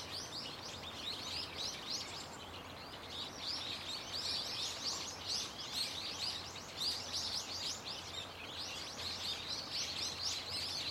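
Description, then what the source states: Birds: bird chorus of many high, quick chirps and upswept notes pouring on without pause over a faint low background hum. Loud, unceasing chorus of many birds singing from a tetrapod breakwater belt and its trees.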